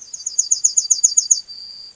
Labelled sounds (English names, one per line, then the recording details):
Yellowhammer song
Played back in grassland
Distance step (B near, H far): C
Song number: 155